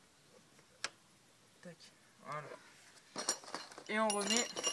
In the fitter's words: on remet bien son antiparasite entendre le Tli